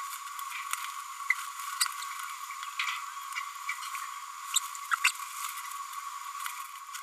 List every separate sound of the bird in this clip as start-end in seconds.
1.30-1.34, 1.80-1.85, 4.55-4.59, 4.91-4.95, 5.04-5.12